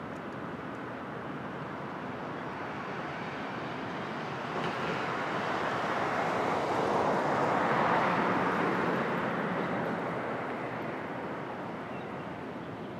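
Street traffic hums steadily in open air, swelling as a vehicle passes by mid-clip around eight seconds, then easing back to a low, even rumble.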